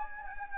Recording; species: mosquito wingbeat signal from an infrared sensor; Anopheles gambiae